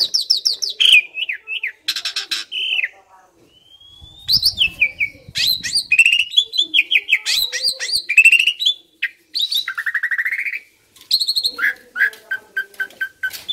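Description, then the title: Asian pied starling song, a busy mix of high slurred whistles, rising notes, buzzy rattles and repeated clipped notes, with brief pauses between phrases. Training audio used to prompt birds that sing too little or seem sluggish into singing more. "Masteran Jalak Suren Atasi Burung KURANG GACOR Dan LOYO"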